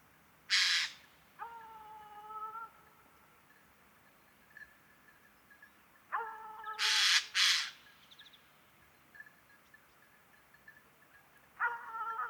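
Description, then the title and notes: Eurasian jay harsh screeches, one single and one doubled, alternating with steady tonal notes in harmonics. October 2019; jays from northern Europe arriving across the country in large numbers after poor oak fruiting in Scandinavia and probably good breeding; an ambience of varied calls of the species. "sonothèque Fernand DEROUSSEN. Geai des chênes (Garrulus glandarius)"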